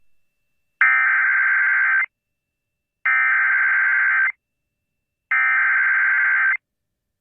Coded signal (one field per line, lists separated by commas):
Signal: Emergency Alert System (SAME) tones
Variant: header bursts